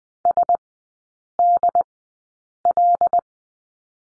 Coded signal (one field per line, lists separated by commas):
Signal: Morse code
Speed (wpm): 20 wpm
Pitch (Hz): 700 Hz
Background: none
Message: SDL